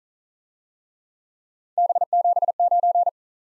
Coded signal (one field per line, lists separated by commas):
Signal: Morse code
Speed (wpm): 43 wpm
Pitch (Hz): 700 Hz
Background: none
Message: B79